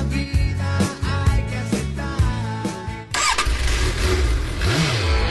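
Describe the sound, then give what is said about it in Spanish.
A motorcycle engine cranks with a few rhythmic starter turns, then catches and roars into a loud, rough idle with revving surges rising and falling in pitch, in an Argentine radio ad for Center Motos, a motorcycle accessories and parts shop. “Center Motos tiene todos los accesorios para tu moto.”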